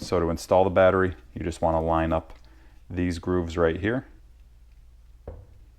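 Someone talks while lining up the grooves of a slide-on power tool battery pack with the inside grooves of the battery mount on a Dewalt DCS369 compact reciprocating saw handle. A short, faint tap is heard near 5.3 seconds, but the battery has not been slid in and nothing has seated or clicked yet.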